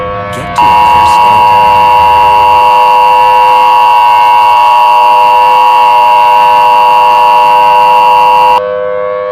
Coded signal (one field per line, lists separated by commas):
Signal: Emergency Alert System (SAME) tones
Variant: 853 and 960 Hz attention tone